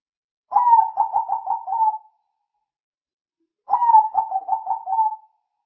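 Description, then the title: Spotted dove calling twice, each phrase a short burst of several rhythmic, slightly descending coos, with clean silence around them. Compilation of spotted dove calls used as a lure for catching birds. "Pikat Burung Tekukur"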